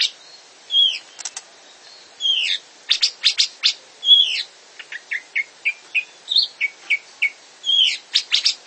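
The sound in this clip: Grey-cheeked bulbul song: short whistled notes around mid pitch mixed with sharp clicking bursts and fast downslurred chirps, delivered in quick irregular phrases with brief pauses.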